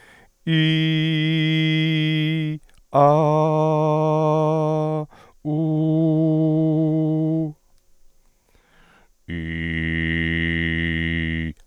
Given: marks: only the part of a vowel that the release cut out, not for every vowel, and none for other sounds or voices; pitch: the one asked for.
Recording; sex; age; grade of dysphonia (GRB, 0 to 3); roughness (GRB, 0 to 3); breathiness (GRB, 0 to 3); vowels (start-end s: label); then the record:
sustained vowels; male; 60 to 69 years; 1; 1; 0
0.78-2.20 s: vowel /i/, high pitch
3.20-4.77 s: vowel /a/, high pitch
5.67-6.59 s: vowel /u/, high pitch
9.76-11.24 s: vowel /i/, low pitch
From the record:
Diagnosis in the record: hyperfunctional dysphonia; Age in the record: 61 years